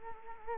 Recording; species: mosquito wingbeat signal from an infrared sensor; Culex quinquefasciatus